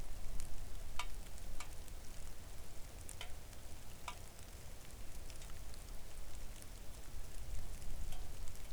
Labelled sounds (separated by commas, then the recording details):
rain
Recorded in the Arctic National Wildlife Refuge, Alaska, on 3 August 2019 at 05:49
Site 41